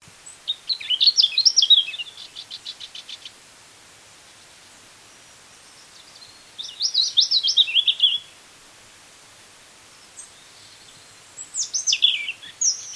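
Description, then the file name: European robin song: three high, jumbled warbling phrases; the first ends in a fast, dry, ticking rattle. "Erithacus rubecula"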